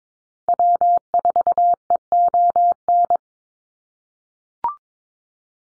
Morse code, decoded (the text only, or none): W4EON